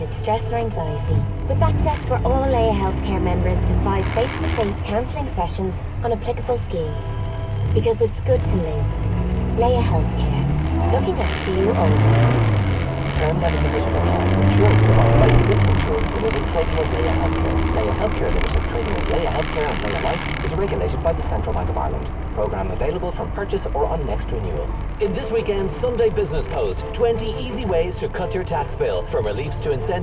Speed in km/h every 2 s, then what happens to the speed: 8, 12, 2, 4, 13, 23, 40, 41, 39, 32, 28, 24, 14, 3, 0.
6-12 speeds up to 40. 15-30 slows to 0.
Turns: none.